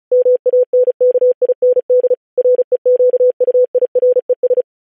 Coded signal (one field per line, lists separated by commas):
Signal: Morse code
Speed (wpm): 36 wpm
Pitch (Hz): 500 Hz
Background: none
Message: MANKIND REQUIRES